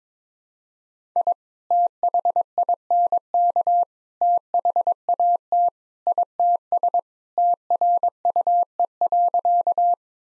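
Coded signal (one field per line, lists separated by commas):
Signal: Morse code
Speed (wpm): 22 wpm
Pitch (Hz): 700 Hz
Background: none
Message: I THINK THAT ITS TRUE.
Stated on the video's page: 22wpm drill of sentences containing common two-word phrases, each sent twice in Morse for head-copy practice.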